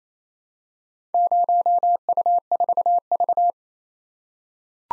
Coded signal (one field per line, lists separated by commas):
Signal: Morse code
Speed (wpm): 28 wpm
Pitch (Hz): 700 Hz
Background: none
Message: 0U4V